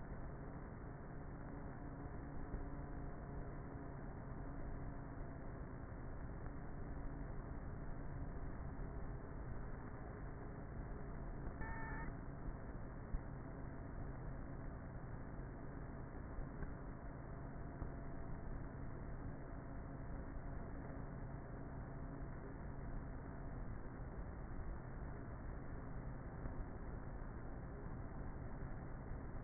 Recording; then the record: honeybee colony, microphone inside the hive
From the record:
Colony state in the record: queenless with a low population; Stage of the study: before two queens were removed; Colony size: about 30,000 bees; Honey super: no